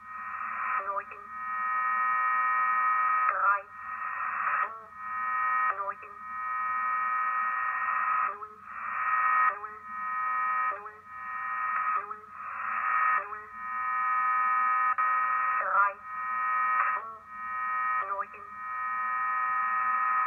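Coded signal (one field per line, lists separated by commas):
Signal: numbers station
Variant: G06, German language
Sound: monotone synthetic voice reading short evenly spaced words, about fifteen in twenty seconds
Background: radio static, low hum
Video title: Deutscher Zahlensender G06 WebSDR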